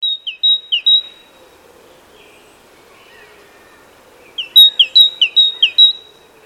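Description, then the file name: Great tit giving its see-sawing two-note phrase a few times, a lull with faint bird notes, then a longer run of repeats. "Parus major"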